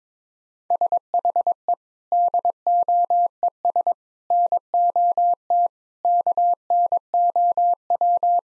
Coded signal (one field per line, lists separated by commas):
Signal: Morse code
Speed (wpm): 22 wpm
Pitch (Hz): 700 Hz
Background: none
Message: SHE DOES NOT KNOW